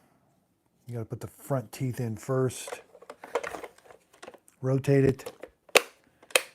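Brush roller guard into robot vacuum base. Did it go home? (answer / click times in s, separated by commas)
yes / 5.8 s, 6.4 s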